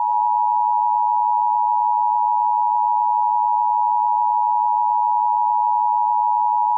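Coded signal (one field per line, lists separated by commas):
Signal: Emergency Alert System (SAME) tones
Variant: 853 and 960 Hz attention tone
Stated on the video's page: Fictional scenario with valid tones, made in iMovie.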